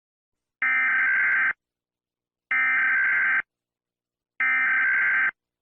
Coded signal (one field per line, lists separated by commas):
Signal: Emergency Alert System (SAME) tones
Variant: header bursts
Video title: Mr Incredible Becoming Scared (EAS Alarms)